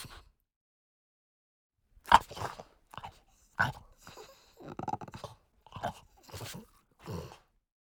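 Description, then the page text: French Bulldog grunting: short, rough, snorting bursts come in uneven bouts after a quiet opening, several of them, with brief pauses between. "French Bulldog Grunt - Quick Sounds"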